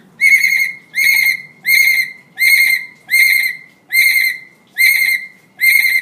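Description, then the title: Hill myna repeating a loud, rich, ringing note about every three-quarters of a second, eight times in a row, against a quiet background. Energetic, actively singing bird ("gacor"); recording intended as tutor material (masteran) for training birds. "Suara Burung Beo Gacor Cocok Untuk Masteran"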